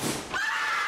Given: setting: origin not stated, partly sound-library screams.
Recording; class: one-second piece from a danger detection set; woman in danger